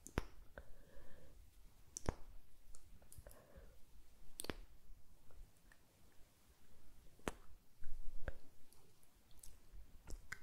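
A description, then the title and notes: Wet kiss and mouth sounds: sharp lip smacks and clicks land irregularly, with strong ones near 0, 2, 4.5, 7.3 and 8.3 seconds. Softer tongue and lip noises and faint breathy murmurs fill the gaps between them. ASMR KISS SOUNDS and MOUTH SOUNDS TEST WITH TASCAM.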